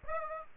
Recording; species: mosquito wingbeat signal from an infrared sensor; Aedes aegypti